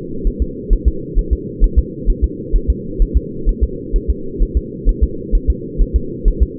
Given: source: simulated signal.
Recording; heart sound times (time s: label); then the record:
fetal heart sounds
0.27 s: S1
0.42 s: S2
0.73 s: S1
0.88 s: S2
1.19 s: S1
1.33 s: S2
1.64 s: S1
1.78 s: S2
2.10 s: S1
2.24 s: S2
2.56 s: S1
2.70 s: S2
3.02 s: S1
3.17 s: S2
3.49 s: S1
3.63 s: S2
3.96 s: S1
4.10 s: S2
4.42 s: S1
4.57 s: S2
4.89 s: S1
5.03 s: S2
5.35 s: S1
5.50 s: S2
5.82 s: S1
5.96 s: S2
6.28 s: S1
6.42 s: S2
From the record:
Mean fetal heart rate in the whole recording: 130 bpm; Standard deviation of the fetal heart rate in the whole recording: 2 bpm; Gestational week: 38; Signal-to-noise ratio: -4.3 dB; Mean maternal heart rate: 72 bpm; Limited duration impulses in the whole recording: absent